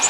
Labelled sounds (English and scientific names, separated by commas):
Orange-crowned Warbler (Leiothlypis celata) flight call